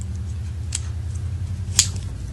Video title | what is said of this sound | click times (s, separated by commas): G.I. Joe Retaliation Cobra Commander | You heard the little snap, and it should fire. | 1.8 s